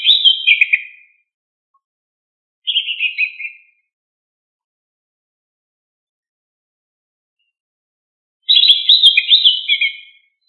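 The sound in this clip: Leafbird giving three quick, scratchy twittering phrases, the last longest, with quiet pauses between them.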